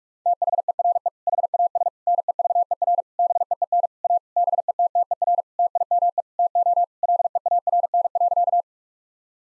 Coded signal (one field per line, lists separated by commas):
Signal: Morse code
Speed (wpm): 43 wpm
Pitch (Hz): 700 Hz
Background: none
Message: THERE HAS NEVER BEEN A BETTER TIME TO LEARN.